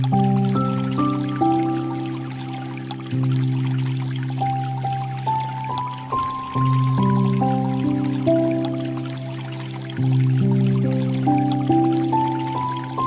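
Gentle light music plays steadily, with soft held low notes beneath a slow melody that steps to a new note every second or so. A faint, even hiss of flowing water runs underneath throughout, with the music swelling slightly at each new phrase.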